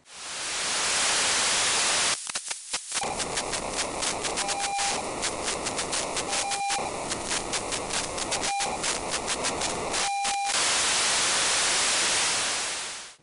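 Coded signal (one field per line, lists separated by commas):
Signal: POCSAG pager data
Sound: steady FM hiss, then about eight seconds of rough buzzing data broken by brief tones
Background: radio static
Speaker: you need to search around until you find one of these signals how do you know you found it should sound something like this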